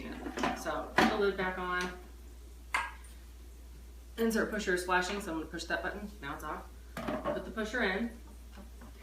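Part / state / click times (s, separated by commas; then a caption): plastic lid onto food processor bowl / seated / 2.8 s. A plastic lid is put back onto a Breville Sous Chef food processor bowl and locks in place with a short, sharp hit at 2.8 seconds. Right after, the machine shows "insert pusher," so the lid is accepted. Someone talks before and after.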